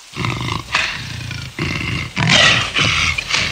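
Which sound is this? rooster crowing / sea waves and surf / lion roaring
lion roaring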